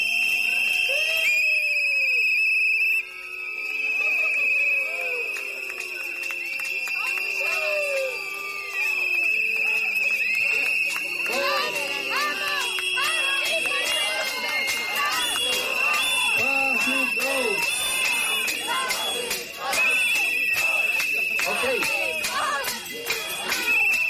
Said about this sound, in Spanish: Escuchamos el sonido de un silbato y mientras estábamos prestando atención al audio